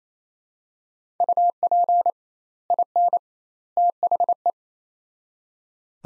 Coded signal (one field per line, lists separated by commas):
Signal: Morse code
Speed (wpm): 28 wpm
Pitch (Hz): 700 Hz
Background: none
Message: UP IN THE